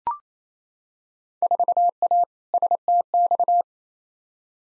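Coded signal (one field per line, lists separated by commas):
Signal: Morse code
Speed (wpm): 28 wpm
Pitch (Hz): 700 Hz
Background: none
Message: 4A STX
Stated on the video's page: Head-copy drill of Field Day contest exchanges at 28 wpm, sent in Morse, spoken, then sent again; exchanges weighted roughly by 2019 participation.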